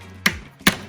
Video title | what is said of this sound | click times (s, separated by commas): AXILO Plinth Adjuster Installation | push down and that's locked in position now you'll notice there's a series of drill holes in there | 0.3 s, 0.7 s